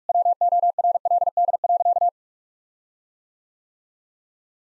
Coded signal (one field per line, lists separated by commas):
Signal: Morse code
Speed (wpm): 46 wpm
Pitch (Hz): 700 Hz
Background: none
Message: WORLD.